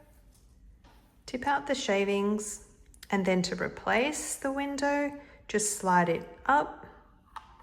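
Someone talks while the clear plastic shavings window of a pencil sharpener is slid up toward the sharpener body after the shavings are tipped out. The clip ends before the window goes home, and nothing has clicked into place yet.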